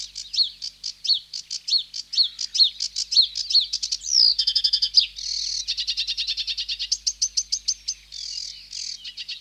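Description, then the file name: Sedge warbler song, with rapid ticking notes and downslurred whistles, then a sweeping whistle, buzzy trills and a run of thin high notes. "Sedge Warbler (Acrocephalus schoenobaenus)"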